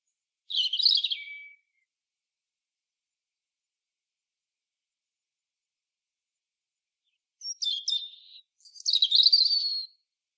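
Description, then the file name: European robin singing high, thin, twittering phrases with quick rising and falling notes, one phrase at the start and two more after a long silence near the end. "Erithacus rubecula"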